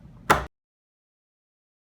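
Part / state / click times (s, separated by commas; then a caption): inside door lever onto lock chassis spindle / seated / 0.3 s. The inside lever of a Schlage ND cylindrical door lock is pushed onto the lock chassis spindle while the lever catch is held down with a pin wrench. After a faint low rustle, a sharp, short click at 0.3 s shows the lever seating on the spindle, and then the clip goes silent.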